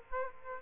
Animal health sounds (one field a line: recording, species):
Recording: mosquito wingbeat signal from an infrared sensor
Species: Aedes aegypti